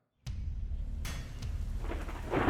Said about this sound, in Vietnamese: Mưa và sấm sét bắt đầu trút xuống ào ào. Nhưng không hiểu sao, từng đợt sét cứ giáng xuống phía khu đất đó liên hồi, đánh tung cả đất cát xung quanh bay loạn xạ, làm cho không ai dám lại gần.